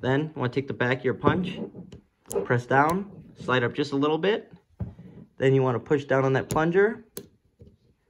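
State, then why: Not seated. Someone talks while holding the spring plunger down with a punch and sliding a polymer or steel back plate up onto the rear of a Glock or Polymer80 pistol slide, with a couple of faint handling taps between the words. The clip ends before the plate goes home; nothing has seated or clicked yet.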